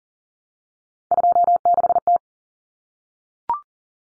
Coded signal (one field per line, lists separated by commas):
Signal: Morse code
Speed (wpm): 40 wpm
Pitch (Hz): 700 Hz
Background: none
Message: 26T